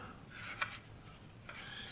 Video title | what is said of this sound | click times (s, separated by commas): Beginners Guide to the Snub-Nose Revolver - 11 Gun Review - S&W - Ruger - Taurus - Charter Arms -RIA | and snaps right out | 0.6 s